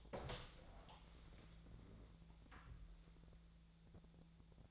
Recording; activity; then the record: daily activity, microphone in the room; open door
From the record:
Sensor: 3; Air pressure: 1000.5 hPa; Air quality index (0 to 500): 181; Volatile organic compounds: 4 ppm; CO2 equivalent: 1568 ppm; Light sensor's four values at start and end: 12/29/12/13 and 12/29/12/13